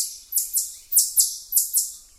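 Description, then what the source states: Chipmunk chip trill, six very high, downward-sweeping chips in quick pairs, each fading after its onset. Chip trill call given when telling another chipmunk to back off; may sound like a kingbird but decreases rather than increases in volume.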